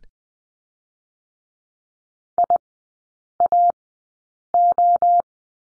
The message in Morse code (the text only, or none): IAO